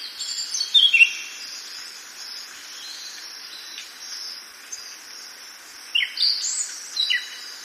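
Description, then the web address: Pale-eyed thrush uttering short high chirps near the start and a few sharp notes later, set against a continuous buzzing insect chorus. Ecuador. "Birds of Ecuador. Pale-eyed Thrush"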